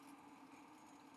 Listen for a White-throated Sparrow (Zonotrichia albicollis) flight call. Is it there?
no